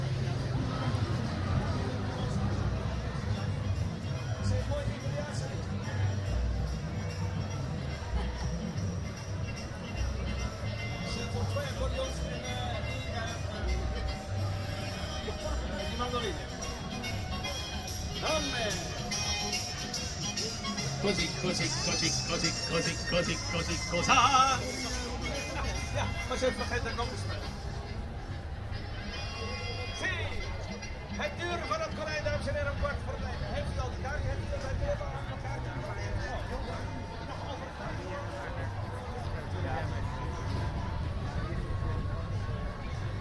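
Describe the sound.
Crowd murmur at the Parade theatre festival in the Westbroekpark, with many voices talking over one another in a dense, steady babble. A low rumble runs underneath throughout, and a brief louder knock stands out around 24 seconds.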